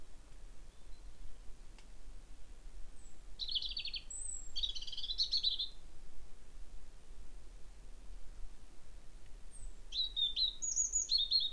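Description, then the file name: European robin giving bursts of high, jumbled, twittering notes early on and again near the end, with a quiet stretch between and steady faint background hiss. "Erithacus rubecula"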